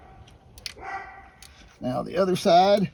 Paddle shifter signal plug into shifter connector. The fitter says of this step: the shifters the one that actually sends the signal make sure that's in there good till it clicks